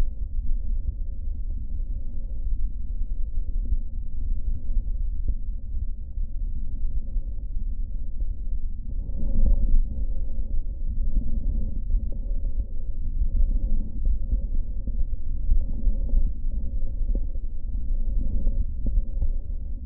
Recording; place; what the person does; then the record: lung sounds by stethoscope; right posterior basal chest; quiet breathing, then deep breathing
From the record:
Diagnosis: COPD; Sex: male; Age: 72 years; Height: 172 cm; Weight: 58.6 kg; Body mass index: 19.8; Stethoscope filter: diaphragm mode